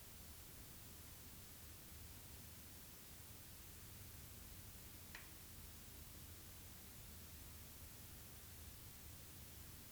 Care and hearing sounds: daily activity, guitar pickup as the sensor; stand

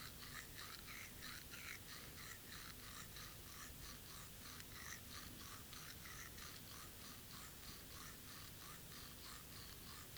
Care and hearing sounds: daily activity, guitar pickup as the sensor; brush teeth

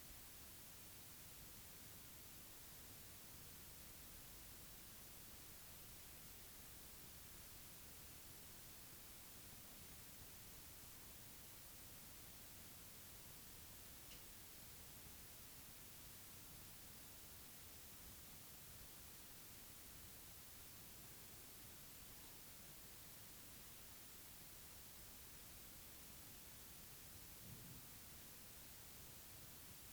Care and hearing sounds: daily activity, guitar pickup as the sensor; stand

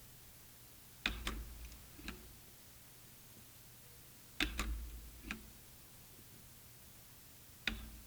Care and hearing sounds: daily activity, guitar pickup as the sensor; manipulate door

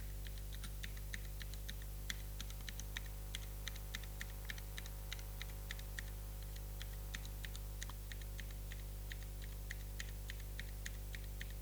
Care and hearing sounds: daily activity, guitar pickup as the sensor; type

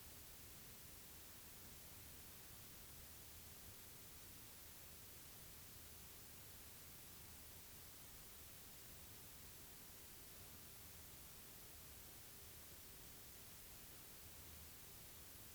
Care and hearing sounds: daily activity, guitar pickup as the sensor; stand

